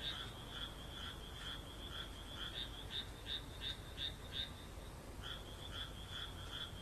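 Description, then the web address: Frog croaks repeated about three times a second, with a short pause before the series picks up again. "kaeru kaeru"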